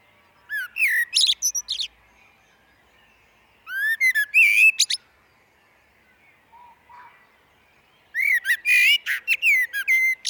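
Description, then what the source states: Common blackbird song: three fluted, whistled phrases, each opening with a rising note and ending in a high squeaky twitter, separated by pauses of a few seconds. Recorded in a glen.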